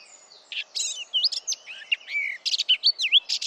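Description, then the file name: Eurasian blackcap song: a brief burst of quick scratchy notes followed by louder fluty, swooping whistles, faint hiss behind. "Sylvia atricapilla"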